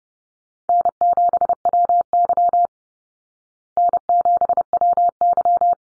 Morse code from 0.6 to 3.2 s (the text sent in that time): N7WY